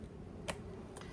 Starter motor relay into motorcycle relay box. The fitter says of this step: And just push it in all the way until there's a click.